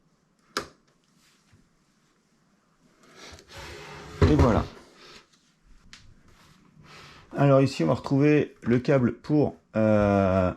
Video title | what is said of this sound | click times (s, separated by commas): Artillery Genius Pro - Partie 1 | donc ça se clipse très facilement et | 0.6 s